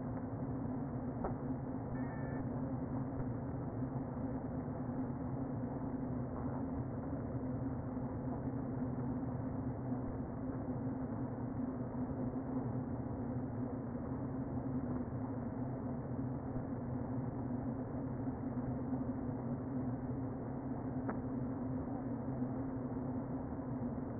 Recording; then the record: honeybee colony, microphone inside the hive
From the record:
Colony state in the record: queen present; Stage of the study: before two queens were removed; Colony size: about 60,000 bees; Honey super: yes